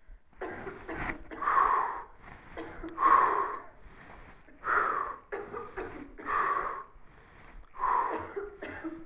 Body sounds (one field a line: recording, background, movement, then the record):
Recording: deep breathing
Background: a bystander coughing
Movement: sitting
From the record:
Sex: male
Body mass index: 22.0 kg/m2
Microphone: on the chest, facing the body